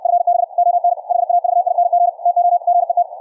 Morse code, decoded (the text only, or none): FB ON HAVING TO GET